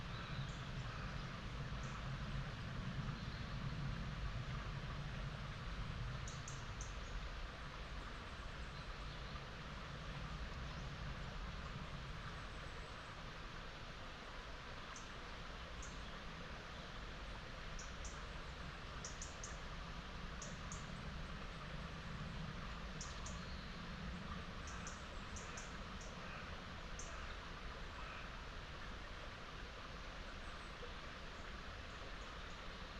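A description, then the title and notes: Ambience of a meadow dell: a steady, dense low rumble and hiss runs unbroken for the whole half-minute. Short, high chirps break through now and then, in small clusters around six seconds and more often between fifteen and twenty-seven seconds. Bucolic dell in upland meadows. Farm machinery, A-roads, the flight paths to Manchester's ringway airport, though quite feint, are in range of hearing.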